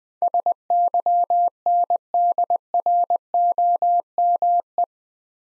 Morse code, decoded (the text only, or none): SYNDROME